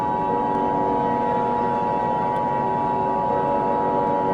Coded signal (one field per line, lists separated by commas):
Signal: Emergency Alert System (SAME) tones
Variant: 853 and 960 Hz attention tone